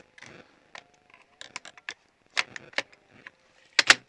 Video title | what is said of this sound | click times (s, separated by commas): GROT C16 FB-A1 i A2 - czym się różnią wersje wojskowe? | the entire grenade launcher module is inserted, it clicks into place, it is generally ready, that's fine | 3.8 s